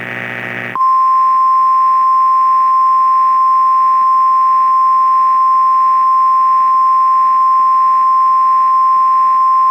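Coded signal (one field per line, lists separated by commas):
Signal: Emergency Alert System (SAME) tones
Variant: 1050 Hz attention tone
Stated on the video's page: Fictional EAS scenario alert tones, originally made as a Discord release.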